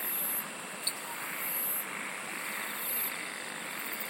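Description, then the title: Insect song, heard as short bursts of very high, buzzy trilling that come and go over a constant hiss, with a single sharp click near the start. "SINGING OF INSECTS"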